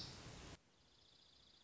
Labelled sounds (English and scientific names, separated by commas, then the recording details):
Dark-eyed Junco (Junco hyemalis)
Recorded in Sonoma County, California